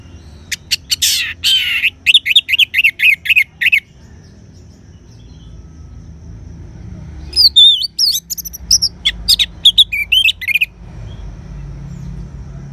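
Orange-headed thrush singing varied whistled phrases with a scratchy opening, two long bursts of rapid notes separated by a pause, faint low hum underneath.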